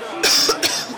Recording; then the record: coughing mixed with background sound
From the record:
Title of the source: November cold (wet coughing)